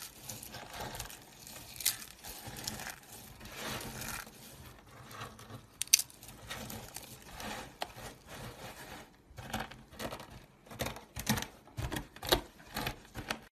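Soap carving: a blade scrapes and shaves in irregular bursts, with sharper clicks and rapid scratchy strokes coming faster in the second half.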